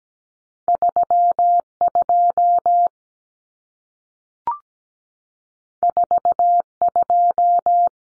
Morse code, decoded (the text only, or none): 32 42